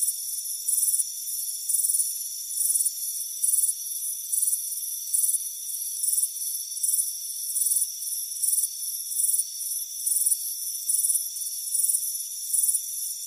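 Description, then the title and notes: Crickets chirping steadily in high pulsed bursts, over a continuous shrill hum. Warm afternoon, front porch. "Soothing Crickets Chirping Sound. It's a warm afternoon as you relax in a hammock on the front porch"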